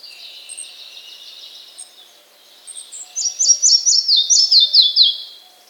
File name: mukholovka malaja